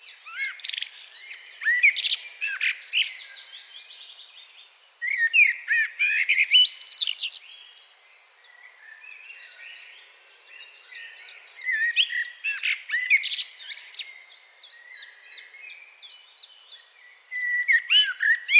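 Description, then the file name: Common blackbird song: several bursts of varied high, twittering and warbled notes, separated by short pauses. "Turdus merula"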